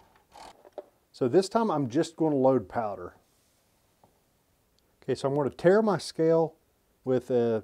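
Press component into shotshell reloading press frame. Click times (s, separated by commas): 0.8 s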